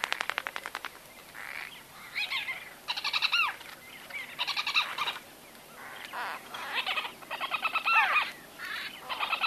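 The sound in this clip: White-fronted bee-eater chatter: repeated bursts of buzzy, squeaky nasal calls, opening with a rapid rattling series, then several short bouts with brief pauses.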